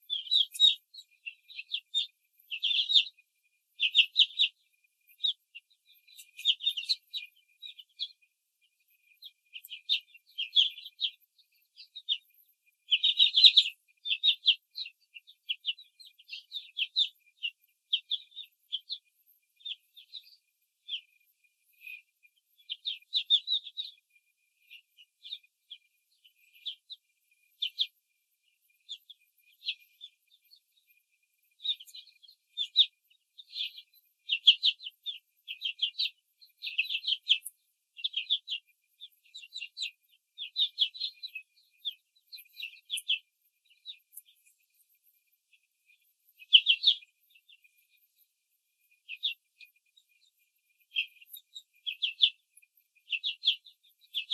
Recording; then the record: young laying hens in a cage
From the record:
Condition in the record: control cage, before the stress test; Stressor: none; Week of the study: 4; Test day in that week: 3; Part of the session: 3